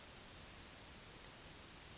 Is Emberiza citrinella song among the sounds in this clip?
no